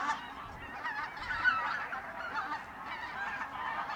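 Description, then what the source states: Goose: geese giving a continuous chorus of overlapping honks. Geese at the renaturalised Polder Glies, Sellstedt, Germany, 9 November 2020; binaural ORTF pair of t.bone SC 140 microphones with Rycote windjammer, TASCAM DR100 MK3 recorder.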